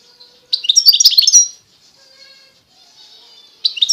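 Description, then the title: European goldfinch song: one second of rapid, bright twittering, a quiet faint pause, then another burst begins at the end. Wild bird. "اجمل غناءالحسون الخلويchant chardonneret sauvage"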